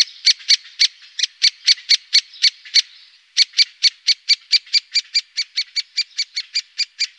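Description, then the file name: Great spotted woodpecker giving a rapid series of sharp, high kik notes, with a brief pause near the middle before the series resumes. "Storre hackspett"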